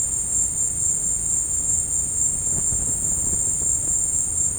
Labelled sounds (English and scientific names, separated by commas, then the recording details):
none
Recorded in dense forest near Puerto Asís, Putumayo, Colombia, on 22 December 2024 at 14:00
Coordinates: 0.481, -76.323
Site G100